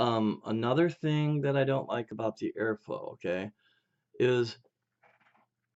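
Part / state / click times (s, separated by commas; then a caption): airflow ring on a rebuildable atomizer top cap / not seated / none. Someone talks while handling the metal airflow control ring on the top cap of a Vapefly Pixie single-coil rebuildable dripping atomizer, which is meant to lock into a set detent position. Only a few faint, quiet sounds follow the speech near the end. The ring has not clicked or locked into place yet.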